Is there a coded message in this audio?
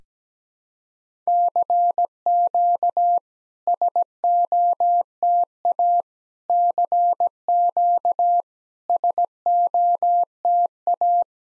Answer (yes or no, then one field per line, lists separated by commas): yes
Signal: Morse code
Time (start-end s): 1.3-11.2 s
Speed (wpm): 17 wpm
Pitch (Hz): 700 Hz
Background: none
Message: CQ SOTA CQ SOTA